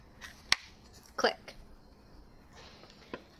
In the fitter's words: power adapter on all the way down until you hear it click